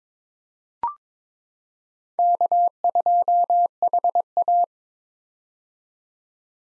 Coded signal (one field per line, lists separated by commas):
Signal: Morse code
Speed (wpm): 22 wpm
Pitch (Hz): 700 Hz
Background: none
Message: K2HA